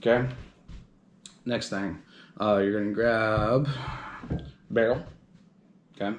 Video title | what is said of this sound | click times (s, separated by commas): Winchester SUPER X PUMP disassembly and reassembly!!! | You're also going to hear it click when it's fully seated. | 1.3 s